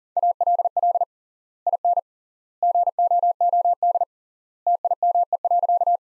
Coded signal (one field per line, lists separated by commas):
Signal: Morse code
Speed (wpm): 40 wpm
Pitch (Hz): 700 Hz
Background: none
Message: ALL IN GOOD TIME.